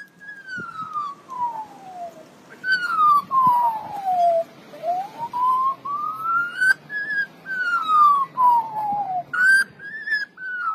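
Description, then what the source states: Australian magpie mimicking a siren: long pure whistled glides sweeping slowly down twice, then up, down and up again, over several seconds, with faint clicks. Common Australian magpie mimicking a familiar sound, likened to a fire engine siren heard in regional Australian communities.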